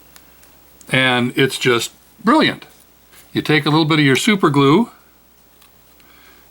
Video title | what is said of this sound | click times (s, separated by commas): PuzzlePlane model airplane | and then you take the other end piece and it pops into place | 0.2 s